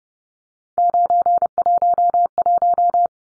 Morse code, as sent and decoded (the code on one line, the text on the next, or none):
----. .---- .----
911